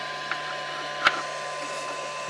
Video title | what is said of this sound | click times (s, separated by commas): Flash Forge Dreamer - 3D printer | just clicks right inside | 1.1 s